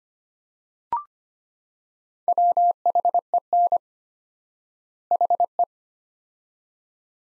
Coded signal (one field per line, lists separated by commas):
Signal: Morse code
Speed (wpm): 25 wpm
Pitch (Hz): 700 Hz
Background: none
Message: WHEN HE